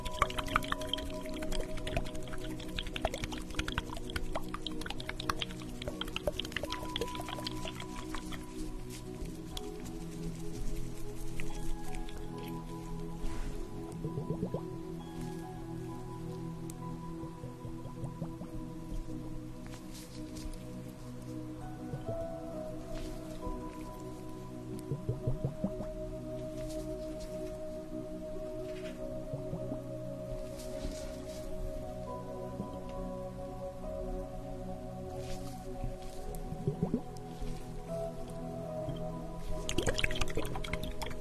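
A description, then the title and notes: A facial treatment with cream and massage: soft, wet squishing and dripping sounds come and go as hands work the skin. Steady, sustained low tones hum underneath the whole time, and the rubbing grows busier near the start and the very end. Enjoy the sounds of having your facial treatment, with steam, cream, and massage.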